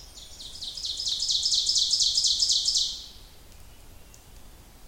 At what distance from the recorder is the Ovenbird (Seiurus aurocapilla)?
about 25 m